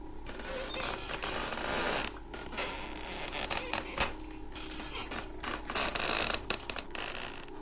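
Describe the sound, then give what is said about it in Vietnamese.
A rocking chair, with no one sitting in it and nothing pushing it, creaks and grinds against the floor in a steady run of dry, scraping squeaks and groans, rising and falling with each sway, with no voices. “Nó bắt đầu đưa qua đưa lại, nghiến xuống nền đất, vặn vẹo phát ra những âm thanh cọt cả cọt kẹt.”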